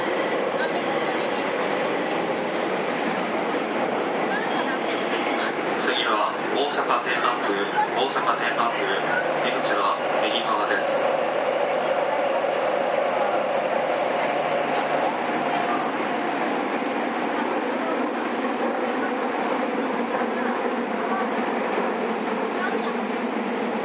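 Onboard a commuter train in motion, with a steady, dense rumble that holds an even loudness throughout. A motor tone hums in the middle range while brief clicks and rattles from the rails cluster around the first half, and faint voices murmur in the background.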